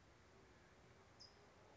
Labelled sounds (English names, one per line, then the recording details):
California Towhee
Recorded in Sonoma County, California